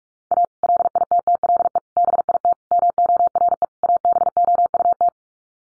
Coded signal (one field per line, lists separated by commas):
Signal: Morse code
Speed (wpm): 44 wpm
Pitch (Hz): 700 Hz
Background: none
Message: A LITTLE BIT MORE ABOUT